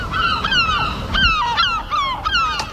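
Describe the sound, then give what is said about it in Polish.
Seagulls in Kołobrzeg, Poland, calling over and over, harsh nasal cries rising and falling in quick overlapping bursts, with a steady low rumble of background noise and no voices. “Mewy są sprytne i przebywają tam, gdzie mają pożywienie.”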